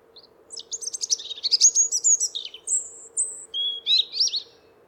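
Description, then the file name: European robin song: a long varied run of high, fluty, rippling notes with thin sustained whistles and quick descending trills, over a soft background hum. "zaryanka"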